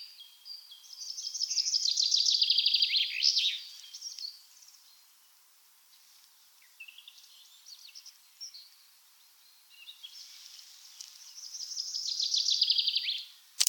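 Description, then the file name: Common chaffinch singing two bright, rattling trills that fall in pitch, the first ending in a short flourish, separated by quieter scattered chirps, with a sharp click at the end. "Fringilla coelebs"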